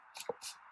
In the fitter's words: these things start locking into place these little beads and it comes out and locks into